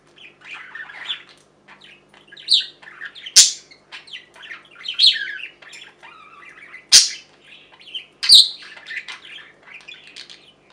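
Budgerigar chatter: buzzy warbles and chirps with three loud, sharp squawks.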